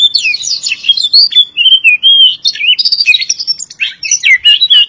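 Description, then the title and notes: Magpie-robin song, loud and continuous, mixing sweet whistled glides with scratchy chattering notes and quick chirps in a lively, varied sequence. "suara kacer. kumpulan suara burung kacer"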